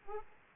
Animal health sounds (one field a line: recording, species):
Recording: mosquito wingbeat signal from an infrared sensor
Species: Aedes aegypti